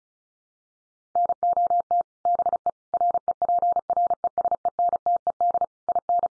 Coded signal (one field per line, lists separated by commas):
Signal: Morse code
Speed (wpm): 34 wpm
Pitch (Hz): 700 Hz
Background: none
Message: NOT BE REPRESENTED IN